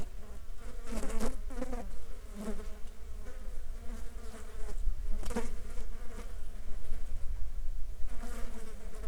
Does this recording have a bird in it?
no